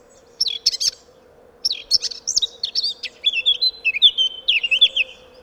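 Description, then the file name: Eurasian blackcap song: scratchy opening notes build into a lively warble ending in clear whistles, over a constant low hum. "Sylvia atricapilla"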